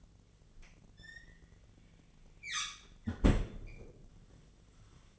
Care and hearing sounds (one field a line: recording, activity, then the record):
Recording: daily activity, microphone in the room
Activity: close fridge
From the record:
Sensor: 4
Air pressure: 1010.5 hPa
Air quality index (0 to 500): 177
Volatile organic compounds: 5 ppm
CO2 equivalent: 1797 ppm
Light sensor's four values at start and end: 27/81/31/32 and 32/95/37/37